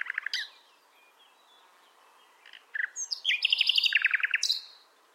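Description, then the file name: Common nightingale song phrase: a brief opening burst of notes, a pause, then a rapid series of loud repeated notes building into a fast trill. "Luscinia megarhynchos"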